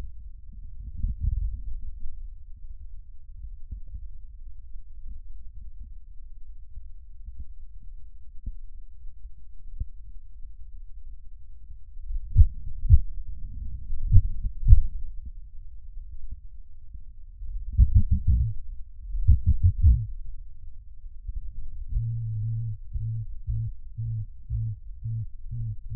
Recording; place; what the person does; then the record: lung sounds by stethoscope; right posterior basal chest; quiet breathing, then cough and speech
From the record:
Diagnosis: none (healthy); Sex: male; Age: 23 years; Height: 185 cm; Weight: 93 kg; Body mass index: 27.2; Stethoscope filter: bell mode